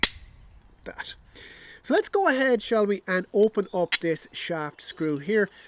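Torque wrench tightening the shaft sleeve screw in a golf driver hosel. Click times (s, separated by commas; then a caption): 0.0 s. A torque wrench tightening the steel screw that secures the shaft sleeve in the hosel of a Titleist TSi driver gives a sharp metallic click at 0.0 s. The click shows the screw is fully tightened and the sleeve is locked in place, which keeps it from being over-tightened. Someone then talks for the rest of the clip.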